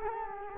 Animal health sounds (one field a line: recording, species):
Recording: mosquito wingbeat signal from an infrared sensor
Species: Culex quinquefasciatus